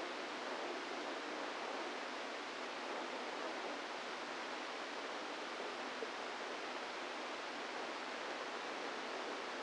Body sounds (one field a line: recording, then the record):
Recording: brain microelectrode recording played as sound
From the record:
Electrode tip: inside the subthalamic nucleus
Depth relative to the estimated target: -2 mm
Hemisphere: right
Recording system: NeuroSet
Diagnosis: Parkinson's disease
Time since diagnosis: 10 years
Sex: female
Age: 45 years